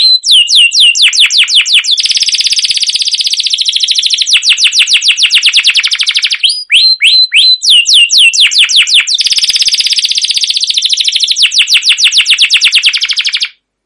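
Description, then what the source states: Canary song, nonstop and high: rapid descending chirps give way to long buzzy rolling trills, repeated in several bouts before ending abruptly. Canary song used as a lure (pancingan) to train other canaries to sing long, continuous song (gacor, ngerol); described as chirping 'cuit cuit'.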